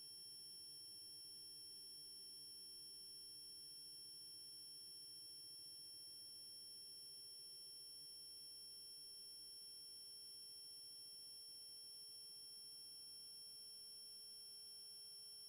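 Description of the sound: Several steady, high-pitched ringing tones sound together, continuous and unchanging for about 15 seconds at a very low volume, with no other sound. It is a simulation of one person's own tinnitus, the constant ringing heard in the ears without an outside source.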